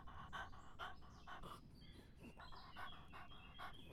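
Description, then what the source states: Dog laps water in a quick, even rhythm of wet clicks, briefly pausing midway before resuming. A dog drinking.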